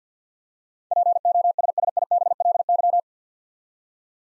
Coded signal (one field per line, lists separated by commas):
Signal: Morse code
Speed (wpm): 53 wpm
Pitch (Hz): 700 Hz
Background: none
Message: POSSIBLY